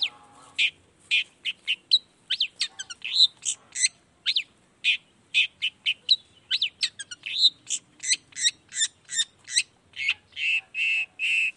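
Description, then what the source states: Long-tailed shrike in rapid, varied song: a dense jumble of chirps, slurred whistles and harsh notes, ending in strong repeated buzzy phrases. Shrike in full song in the morning, used to stimulate lazy, silent shrikes to start singing; 'toet toet' sound variation.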